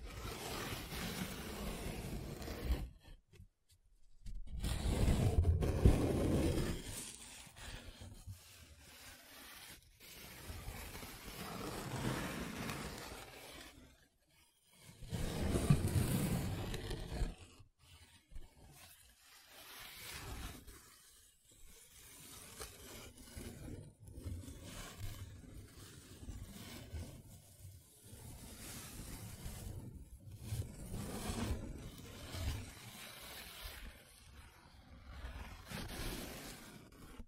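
Paper being rubbed, scratched and traced, in uneven strokes and bursts of rustle and scrape. Louder, fuller passages come around 5–7 and 15–17 seconds, with brief near-silent gaps near 3 and 14 seconds. Softer, steadier scratching fills the rest.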